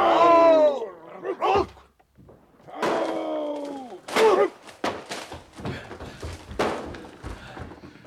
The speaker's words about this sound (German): Brechen wir die Tür auf!